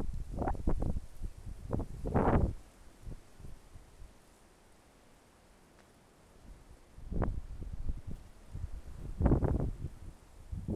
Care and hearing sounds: everyday scene through a hearing-aid microphone; wind on the microphone; wind, traffic, birds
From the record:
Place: suburban garden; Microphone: behind the ear, left, rear

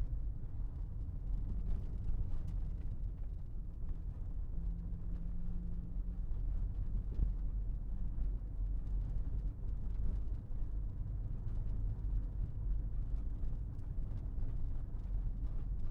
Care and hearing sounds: everyday scene through a hearing-aid microphone; in a vehicle; engine, rumble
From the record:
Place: Berlingo II, diesel engine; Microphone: behind the ear, left, front

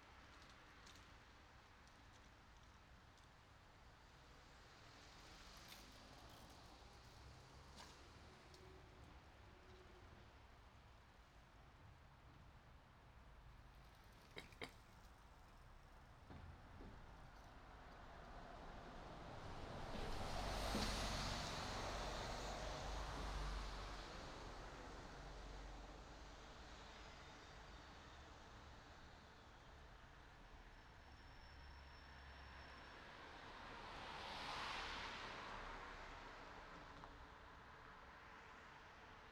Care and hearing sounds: everyday scene through a hearing-aid microphone; in traffic; traffic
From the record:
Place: city secondary road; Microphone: in the ear canal, right

